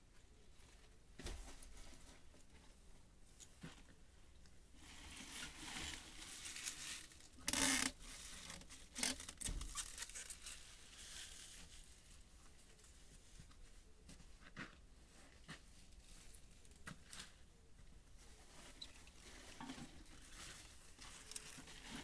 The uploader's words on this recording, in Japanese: 夕方、収穫してきた水かけ菜の、出荷準備をしています。秤で重さをはかり、テープで巻き付けて束にしていきます。